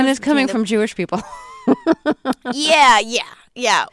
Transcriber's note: soundbite of laughter